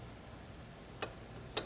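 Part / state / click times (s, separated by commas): child car seat lower-anchor clip onto vehicle anchor bar / seated / 1.0 s, 1.6 s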